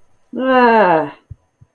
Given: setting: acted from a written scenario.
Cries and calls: vocal sound without words; negative surprise

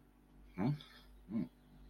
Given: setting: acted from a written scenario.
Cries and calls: vocal sound without words; awe

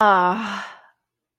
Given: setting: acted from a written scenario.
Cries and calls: vocal sound without words; romantic love

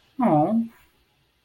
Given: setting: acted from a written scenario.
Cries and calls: vocal sound without words; disappointment

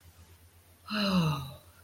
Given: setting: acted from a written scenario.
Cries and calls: vocal sound without words; romantic love

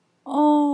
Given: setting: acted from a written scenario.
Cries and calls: vocal sound without words; shame

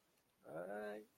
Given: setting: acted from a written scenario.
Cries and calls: vocal sound without words; fear

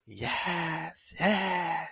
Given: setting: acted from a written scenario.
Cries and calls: vocal sound without words; triumph

